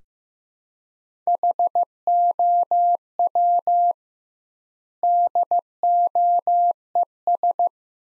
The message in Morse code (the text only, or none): HOW DOES